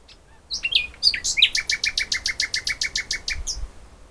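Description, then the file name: Common nightingale song: several varied whistles followed by a long, even rattle of many loud repeated notes in quick succession. "Luscinia megarhynchos"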